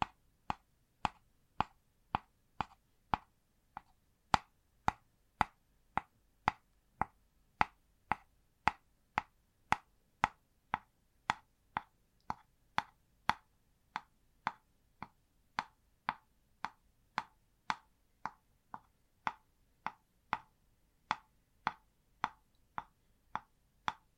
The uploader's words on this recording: Une session ASMR basée sur le Tapping.